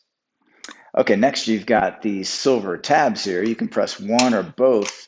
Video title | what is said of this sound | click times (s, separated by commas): 2019+ Ford Ranger 4-dr Crew Cab/Super Cab with Thule Evo Clamp + WingBar Evo Roof Rack Crossbars | and then you have the door frame bracket which just simply slides into the assembly and clicks into place | 0.6 s